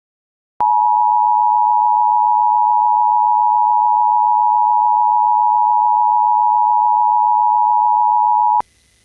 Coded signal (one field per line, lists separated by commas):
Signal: Emergency Alert System (SAME) tones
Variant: 853 and 960 Hz attention tone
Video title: EAS #736 Immediate Evacuation (THOUGHT THEY WERE OVER)